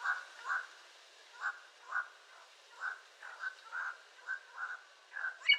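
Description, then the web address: Yellow-crowned amazon giving short, harsh, nasal call notes, repeated roughly every half second to a second in an uneven series, over a faint steady hiss. "sound yellow-crowned-amazon. صدای-پرنده-آمازون-تاجزرد"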